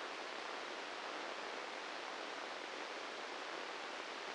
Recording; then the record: brain microelectrode recording played as sound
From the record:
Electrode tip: inside the subthalamic nucleus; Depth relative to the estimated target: -1 mm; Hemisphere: left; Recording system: NeuroSet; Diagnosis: Parkinson's disease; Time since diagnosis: 10 years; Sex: male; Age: 56 years